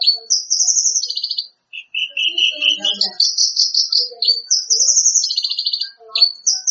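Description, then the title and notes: Bird song with buzzy trilled notes alternating with rising whistled phrases, a lower warbled passage in the middle, and faint lower chirps beneath. "Kicau Burung Lengkap"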